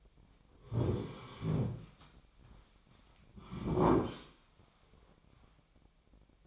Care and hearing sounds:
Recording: daily activity, microphone in the room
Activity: sit down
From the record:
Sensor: 1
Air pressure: 1009.3 hPa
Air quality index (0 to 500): 180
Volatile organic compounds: 3 ppm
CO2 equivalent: 1516 ppm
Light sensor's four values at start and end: 45/118/49/59 and 46/123/51/61

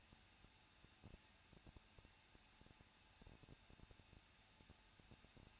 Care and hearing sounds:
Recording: daily activity, microphone in the room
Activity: no activity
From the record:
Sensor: 2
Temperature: 21.0 degrees Celsius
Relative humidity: 37.5%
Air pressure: 1006.2 hPa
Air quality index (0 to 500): 224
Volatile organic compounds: 25 ppm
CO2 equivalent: 2847 ppm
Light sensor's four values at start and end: 2/3/2/2 and 2/3/2/2

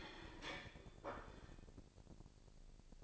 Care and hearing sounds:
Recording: daily activity, microphone in the room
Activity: place plate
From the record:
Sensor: 5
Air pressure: 1007.6 hPa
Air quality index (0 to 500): 91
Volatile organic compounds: 1 ppm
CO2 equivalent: 718 ppm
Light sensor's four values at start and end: 31/72/29/29 and 31/72/29/29

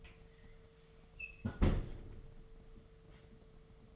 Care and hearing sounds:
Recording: daily activity, microphone in the room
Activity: close fridge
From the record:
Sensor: 4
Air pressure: 1015.7 hPa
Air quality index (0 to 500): 187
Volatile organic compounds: 9 ppm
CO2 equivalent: 2154 ppm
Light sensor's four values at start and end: 9/19/8/8 and 12/27/11/11

